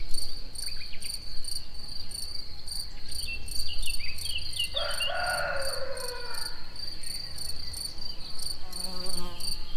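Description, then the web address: Cricket song as a continuous high trill with pulsed upper tones; birds call behind it, including a descending call near the middle and another call at the end. Recorded in nature at Egér tourist house; birds also heard. "allathangok termeszetben tucsok madarakis egerturistahaz"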